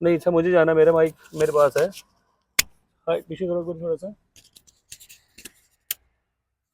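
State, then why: Seated. A plastic multi-pin car wiring harness connector is pushed into its lockable combination switch socket. Someone talks, then there is light rubbing and small ticks, and the connector clicks sharply at 5.9 s as it locks in place, seated.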